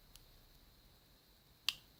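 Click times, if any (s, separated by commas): 1.7 s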